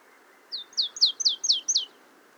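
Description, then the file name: Marsh tit calling: a quick run of six high, downslurred notes, each dropping sharply in pitch, over a low background hiss. "Poecile palustris"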